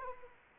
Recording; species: mosquito wingbeat signal from an infrared sensor; Anopheles arabiensis